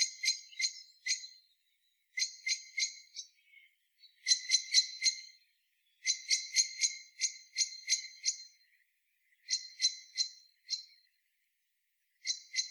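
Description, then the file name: Common blackbird calls: repeated bursts of sharp, ticking chink notes, several per burst at about four per second, separated by short silences. "Turdus merula"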